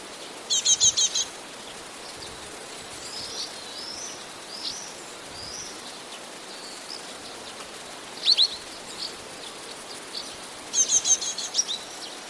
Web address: wroblowe teka spiew